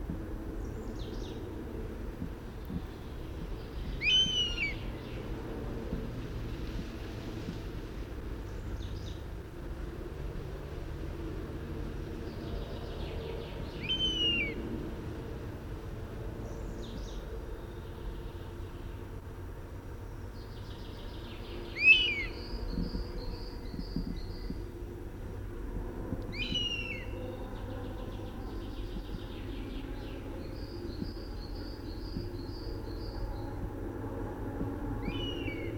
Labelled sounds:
European Honey Buzzard (Pernis apivorus) call
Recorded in the wild
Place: Babadag, Dobrogea, RO
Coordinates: 44.695, 28.434
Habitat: Forest
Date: 1976-06-01 09:05
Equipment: Nagra III BH, Sennheiser MD 21, parabola
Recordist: Schubert, Michael
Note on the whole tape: Langrufe ("hiä") eines Wespenbussards, der über dem Horst segelt

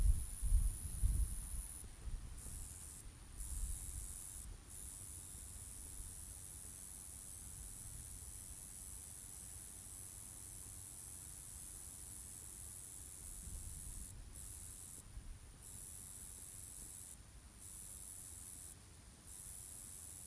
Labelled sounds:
Roesel's Bush-cricket (Metrioptera roeselii) stridulation
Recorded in the wild
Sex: male
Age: imago
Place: Strausberg, Barnim, Brandenburg, DE
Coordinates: 52.5533, 13.8819
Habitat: meadow
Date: 1989-08-12 16:08
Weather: sonnig, 28°C
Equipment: Riporter 6 RG-K, Halbspur, Sennheiser MKH 416 T
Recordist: Frommolt, Karl-Heinz

